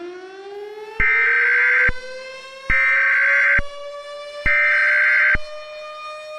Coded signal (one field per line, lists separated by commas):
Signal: Emergency Alert System (SAME) tones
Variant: header bursts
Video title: EAS Scenario #1: Recipe for Disaster